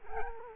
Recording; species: mosquito wingbeat signal from an infrared sensor; Culex quinquefasciatus